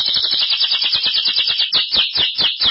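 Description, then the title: Belgian canary song, a continuous rapid warbling of high rolling notes and trills without pause, with rough low crackle underneath. "Canario Belga"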